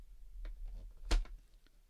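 A small plastic guard is fitted into a slot inside a doll closet's toy lift, with a few light handling taps before a sharper click at 1.1 s as it plugs into place. It is seated.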